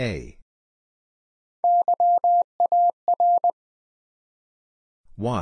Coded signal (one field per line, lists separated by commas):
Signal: Morse code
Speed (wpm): 20 wpm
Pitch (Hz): 700 Hz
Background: none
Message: YAR